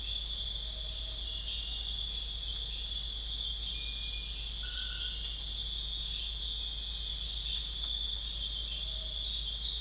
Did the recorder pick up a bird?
no